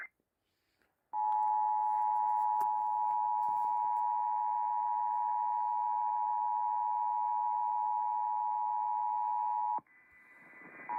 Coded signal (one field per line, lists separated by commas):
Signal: Emergency Alert System (SAME) tones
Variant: 853 and 960 Hz attention tone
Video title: WHSQ REAWAKENS... EAS Tests from 11/6/24 (EAS #5,142 - 5,150)